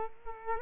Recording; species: mosquito wingbeat signal from an infrared sensor; Culex quinquefasciatus